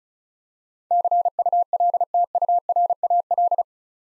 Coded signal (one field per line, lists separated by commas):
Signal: Morse code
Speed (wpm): 36 wpm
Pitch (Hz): 700 Hz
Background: none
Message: CULTURAL